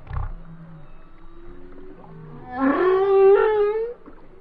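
Whale song: a brief low grunt, then faint tonal notes, followed by a louder wavering moan rising gently over about a second and a half.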